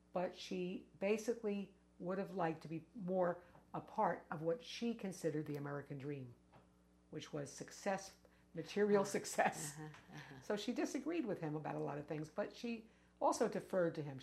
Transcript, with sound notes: But she basically would have liked to be more a part of what she considered the American Dream - which was success, material success. (Laughs) So she disagreed with him about a lot of things. But she also deferred to him.